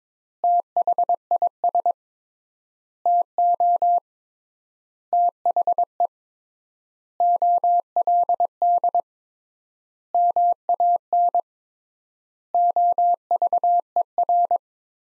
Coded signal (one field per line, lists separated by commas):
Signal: Morse code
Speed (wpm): 23 wpm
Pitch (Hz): 700 Hz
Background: none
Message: THIS TO THE OLD MAN OVER